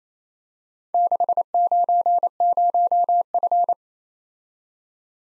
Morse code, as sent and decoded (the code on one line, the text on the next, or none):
-.... ----. ----- ..-.
690F